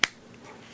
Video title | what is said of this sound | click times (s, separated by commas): Review: Ontario RAT-3 (VR from TLSK) | so it it's a has a very nice satisfying solid click you know the | 0.0 s